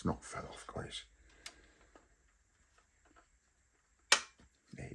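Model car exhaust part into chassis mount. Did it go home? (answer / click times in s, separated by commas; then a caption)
yes / 4.1 s. Someone talks while pushing the exhaust part of a die-cast/plastic Fanhome Fast & Furious Dodge Charger R/T scale model (issue 34) into its mount on the chassis, with faint handling ticks along the way. A sharp, loud click at 4.1 s marks the exhaust seating in place, followed by more talking.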